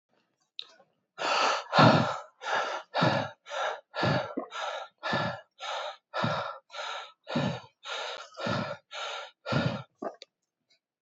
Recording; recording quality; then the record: shallow breathing; excellent, no background noise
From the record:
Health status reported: exposed to COVID-19, no respiratory illness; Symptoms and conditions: none ticked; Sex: male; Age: 48 years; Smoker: not ticked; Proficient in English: yes